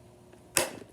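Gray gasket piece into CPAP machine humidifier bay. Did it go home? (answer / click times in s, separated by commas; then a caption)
yes / 0.6 s. A gray plastic gasket piece is pushed back into the humidifier bay of a ResMed AirSense 11 CPAP machine to fix an air leak caused by it not being seated properly. After a quiet stretch with a faint tap near 0.3 s, a sharp, bright snap rings out at 0.6 s and fades over a short rattle. The gasket is confirmed seated.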